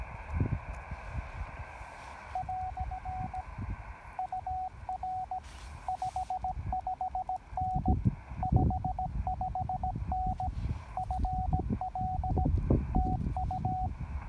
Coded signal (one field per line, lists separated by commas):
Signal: Morse code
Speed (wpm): 17 wpm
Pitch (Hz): 740 Hz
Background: radio noise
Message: " UR 55N 55N FL TU